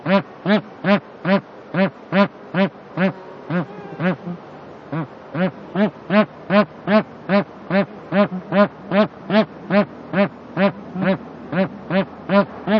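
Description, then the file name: Bar-headed goose calling in a long, regular series of nasal honks, roughly two to three per second, with a brief gap near the middle. "anser indicus"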